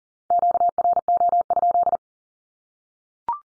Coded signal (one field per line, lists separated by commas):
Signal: Morse code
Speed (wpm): 40 wpm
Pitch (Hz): 700 Hz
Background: none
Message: QRO?